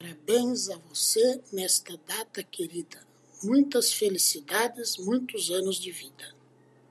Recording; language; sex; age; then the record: short text; Brazilian Portuguese; male; 50 to 59 years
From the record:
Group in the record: control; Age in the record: 57 years